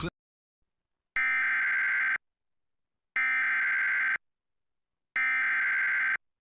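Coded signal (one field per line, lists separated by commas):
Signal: Emergency Alert System (SAME) tones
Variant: header bursts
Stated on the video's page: Real severe thunderstorm warning EAS tones, recorded off a digital TV subchannel.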